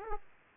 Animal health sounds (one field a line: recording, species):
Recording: mosquito wingbeat signal from an infrared sensor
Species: Aedes aegypti